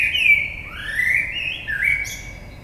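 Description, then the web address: Common blackbird song: a whistled phrase that dips, climbs back in smooth slurs, and closes with a short high squeak. Recorded 22 May 2022. "oiseaux Merle 2022 05 22"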